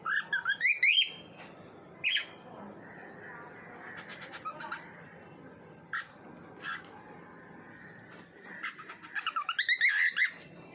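Bird giving a quick run of chirps at the start, a few scattered notes in between, then another burst of squeaky chirps near the end over a soft hiss.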